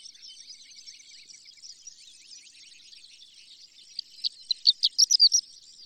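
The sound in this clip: Horned lark: faint, high, thin twittering at first, then a louder series of sharp, tinkling lark notes in quick succession near the end.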